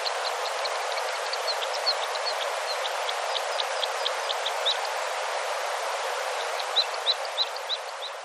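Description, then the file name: Red crossbill calls: rapid clipped kip notes in loose series, with a short gap before a final burst, set against constant background hiss. "isuka"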